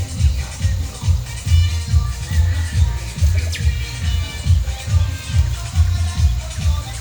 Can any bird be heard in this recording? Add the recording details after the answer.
no. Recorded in pastures near Puerto Asís, Putumayo, Colombia, on 22 December 2024 at 09:00. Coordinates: 0.497, -76.327. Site G088